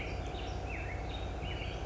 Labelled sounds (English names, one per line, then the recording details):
Black-headed Grosbeak
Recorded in Sonoma County, California